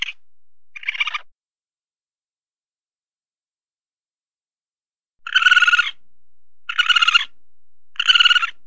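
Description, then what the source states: Raccoon chittering: short buzzy, rattling bursts, two near the start, then a long silence and three more harsh trills in quick succession. Raccoon chittering with squeaks.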